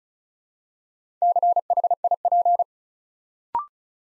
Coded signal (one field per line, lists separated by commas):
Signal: Morse code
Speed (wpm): 36 wpm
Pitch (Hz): 700 Hz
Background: none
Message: CHIP